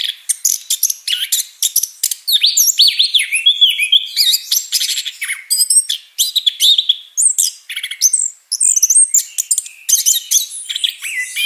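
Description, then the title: Orange-headed thrush song, an energetic stream of slurred whistles, chattering notes and high trills, each phrase varied and tumbling into the next with hardly a pause. Singing vigorously and continuously. "Anis Kembang Gacor"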